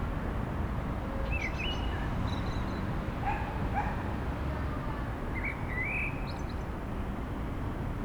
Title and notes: 38 Sq. Hôtel de ville, 73100 Aix-les-Bains, France - Merles des villes. Un merle chante dans le froid au milieu du bruit de la circulation urbaine